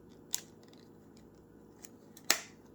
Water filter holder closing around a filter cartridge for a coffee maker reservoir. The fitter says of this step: Till you hear that click. So now that it's in there, see, it's not going anywhere.